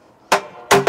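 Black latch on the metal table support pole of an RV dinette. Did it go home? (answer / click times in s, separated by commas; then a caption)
yes / 0.3 s. The small black latch on the folded metal table support pole of an RV dinette is pulled down and snaps shut with a sharp hit at 0.3 s, locking the pole into place. A second loud, ringing hit follows at about 0.7 s and again near 0.9 s.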